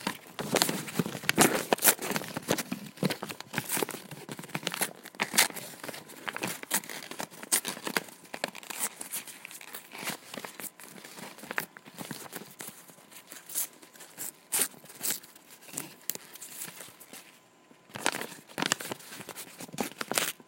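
Paper is ripped and torn in rapid, crackling bursts, dense and bright in the first few seconds, then thinning into scattered rips and crinkles. A brief near-silent gap comes around seventeen seconds before a final flurry of tearing near the end.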